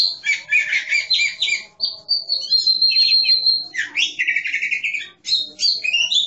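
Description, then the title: Oriental magpie-robin delivering a rich varied song: chattering bursts, a long steady whistle, then buzzy trills and bright rising notes. "Kacer5"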